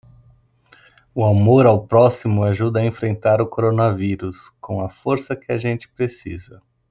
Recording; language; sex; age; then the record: spoken sentence; Brazilian Portuguese; female; 30 to 39 years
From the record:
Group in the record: control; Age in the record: 37 years